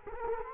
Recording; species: mosquito wingbeat signal from an infrared sensor; Culex quinquefasciatus